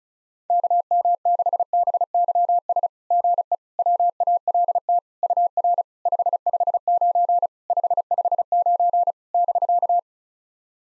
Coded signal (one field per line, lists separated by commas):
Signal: Morse code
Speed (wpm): 35 wpm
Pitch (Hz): 700 Hz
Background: none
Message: KM6BYS GE WALT UR 559 559 <BK>